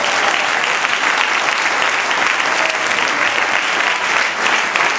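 audience applause

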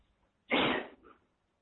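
a person sneezing

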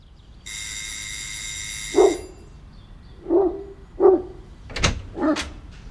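dog barking

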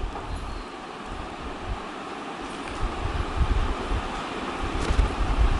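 electric fan running

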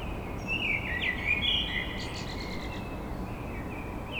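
blackbird song

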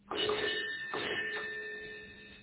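insistent doorbell ring

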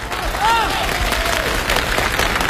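audience applause

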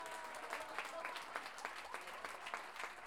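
audience applause

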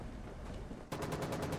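gunfire

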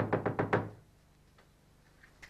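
knocking on a door

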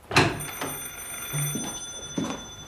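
telephone bell ringing

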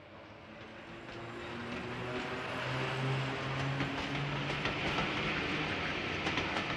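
train departing on rails

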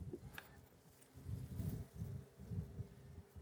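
honeybees buzzing

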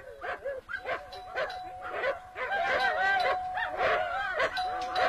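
large wolfdogs barking fiercely

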